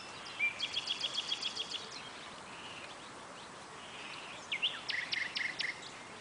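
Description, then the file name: Common nightingale song: a fast, dry, rattling trill of repeated notes, a soft whistle, then a second burst of sharp rapid notes after a short pause, over steady background hiss. "Luscinia megarhynchos"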